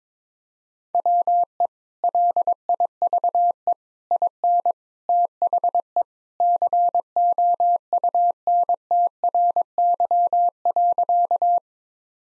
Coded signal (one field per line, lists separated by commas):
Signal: Morse code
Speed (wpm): 21 wpm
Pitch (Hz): 700 Hz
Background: none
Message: WE LIVE IN THE COUNTRY.